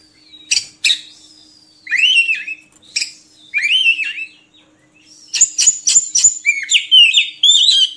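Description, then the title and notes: Oriental magpie-robin song: a few sharp chips and slurred whistles spaced apart, then a quick burst of rapid varied notes and sweet whistled phrases. Oriental magpie-robin song made for training kept birds to sing (gacor) day and night. "Kacer Jadi Gacor Siang Malam. Isian Kacer Durasi Panjang"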